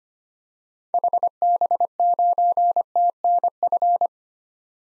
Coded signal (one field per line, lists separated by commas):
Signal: Morse code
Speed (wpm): 25 wpm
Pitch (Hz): 700 Hz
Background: none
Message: HB9TNF